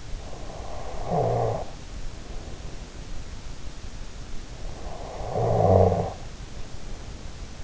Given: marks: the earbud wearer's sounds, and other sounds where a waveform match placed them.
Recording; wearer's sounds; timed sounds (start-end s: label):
sounds in sleep by an in-ear microphone; snoring breath
0.00-2.87 s: snoring breath
4.52-7.14 s: snoring breath